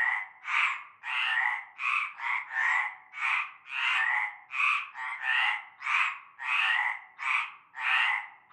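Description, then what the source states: Frogs in chorus giving grating croaks in quick succession, some short and some drawn out. Chorus heard from nightfall in a large concrete basin with a shallow layer of stagnant greenish water, Avenue Cante Coucou, Groupède, La Ciotat, Bouches-du-Rhône, France.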